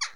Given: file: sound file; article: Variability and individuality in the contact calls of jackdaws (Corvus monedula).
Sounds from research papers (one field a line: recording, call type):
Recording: jackdaw call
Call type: harmonic